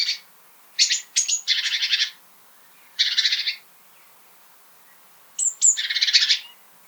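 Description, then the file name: Great tit calls: sharp high notes and harsh, buzzy churring bursts in several bouts, with quiet gaps between. "Parus major"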